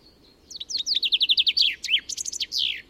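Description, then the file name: Common chaffinch song phrase: a fast run of bright descending notes sliding lower, then a burst of higher, squeakier notes and a final slurred flourish. "Fringilla coelebs"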